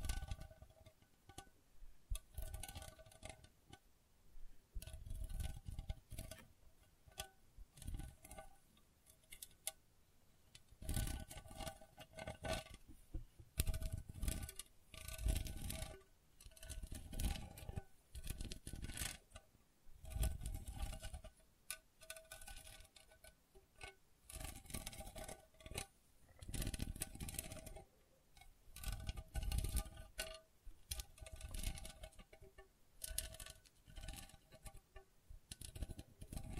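Gentle scratching comes in uneven bursts, a few seconds each, with brief quiet gaps between them. Each pass is a soft, rough rasp with some low rumble beneath, and faint tapping or clicking mixes in. A steady faint tone hums underneath throughout.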